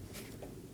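A wiring harness electrical connector is lined up and pushed toward the power window regulator motor during a front window regulator replacement on a 2020-2027 Toyota Corolla. Over steady low-frequency background noise, soft brief rustling handling sounds come near 0.2 s and 0.4 s. Nothing has seated or clicked yet.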